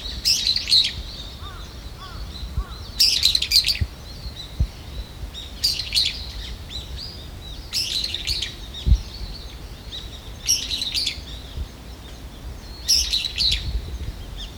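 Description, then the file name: Brown-eared bulbul calling repeatedly, six loud, strident squealing bursts spaced roughly every two to three seconds, with a few soft, lower chirps early on and low background hum. "hiyodori"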